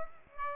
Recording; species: mosquito wingbeat signal from an infrared sensor; Aedes aegypti